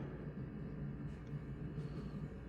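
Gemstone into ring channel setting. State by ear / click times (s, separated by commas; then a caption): not seated / none. A loose gemstone is pressed into the channel setting of a stretched ring and worked from the other side, against a steady low hum with faint, brief scraping noises around 1.1 and 1.8 seconds. The stone has not snapped down into the channel, and nothing has seated or clicked.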